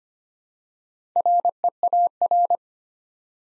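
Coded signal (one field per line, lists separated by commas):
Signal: Morse code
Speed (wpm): 25 wpm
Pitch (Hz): 700 Hz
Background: none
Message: REAR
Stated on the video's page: Morse code practice set building 4-letter words one letter at a time at 25 wpm, for beginners moving to instant character recognition.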